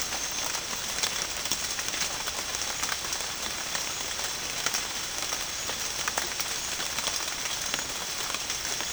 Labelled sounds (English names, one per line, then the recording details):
none
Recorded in pastures near Puerto Asís, Putumayo, Colombia, on 21 March 2025 at 13:00
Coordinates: 0.502, -76.324
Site GP07